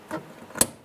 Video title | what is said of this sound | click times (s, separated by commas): How to Replace Electric Fuel Pump 1999-2004 Jeep Grand Cherokee | you push it back in it snaps into place so we're locked on | 0.6 s